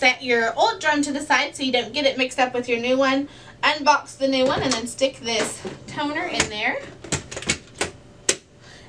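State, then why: Seated. Someone talks while a toner cartridge is pushed into the new, freshly unboxed drum unit of a Brother HL-3070CW laser printer, with a few short plastic handling knocks from about 7.0 to 7.8 seconds. A sharp click at 8.3 seconds marks the toner cartridge seating in place in the drum unit.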